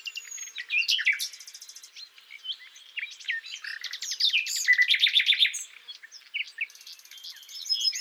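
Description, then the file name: Common nightingale song, a varied run of rapid trills, sharp chirps and quick repeated notes, with loud rattling bursts near the middle and fresh phrases starting after short pauses. "Luscinia megarhynchos"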